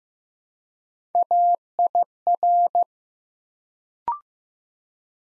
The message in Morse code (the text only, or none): AIR